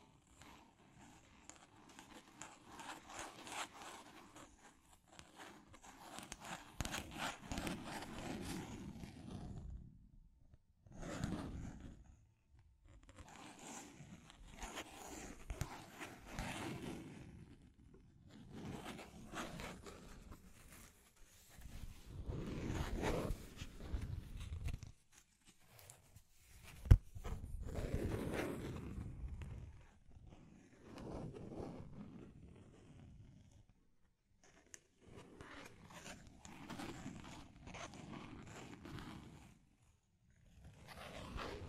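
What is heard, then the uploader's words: Deep scratching comes in bursts of a few seconds each, separated by short pauses, with a rough, raspy texture that reaches from low thuds up to bright crackle. One sharp click stands out near the middle. No voice is heard, and it is quiet between strokes. Deep Scratching. (No Talking).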